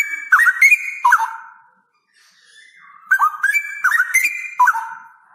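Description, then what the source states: Straw-headed bulbul, two loud, gurgling whistled phrases that climb and drop in pitch, with a soft warble between them. Male Cucak Rowo singing actively (gacor) in a loud voice with long rolling trills; the recording is meant as a tutor recording (masteran).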